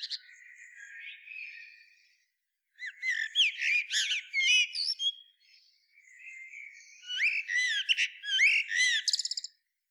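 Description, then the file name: Eurasian blackbird delivers repeated song phrases, each mixing mellow warbled notes with rapid, high, squeaky twittering, with pauses between them. "Turdus merula"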